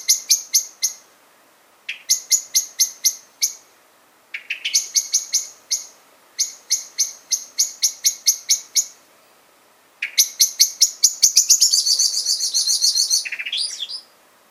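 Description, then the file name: Common blackbird uttering repeated runs of hard, metallic chink notes, ending in a longer scolding rattle. "Turdus merula"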